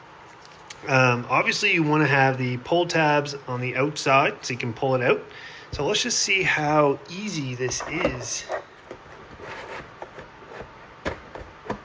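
Someone talks while a second battery pack, with its pull tabs kept on the outside, is pushed down into its tray in the hull of a ProBoat Blackjack 24 V2 RC boat. From about 8.9 s to 11.7 s, small knocks and rubs are heard as the pack is worked into place. Nothing has seated or clicked yet.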